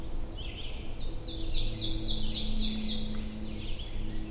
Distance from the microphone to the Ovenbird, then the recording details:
about 40 m. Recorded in boreal forest in Alberta, Canada, on 22 June 2016 at 07:54. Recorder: SongMeter 3, array SBT-6-76. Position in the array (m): 154 m, 120 m. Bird 3